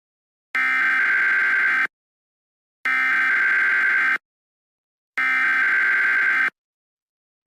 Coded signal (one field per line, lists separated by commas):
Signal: Emergency Alert System (SAME) tones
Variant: header bursts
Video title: EAS SCENARIO #3 - The Great NYC Tornado Outbreak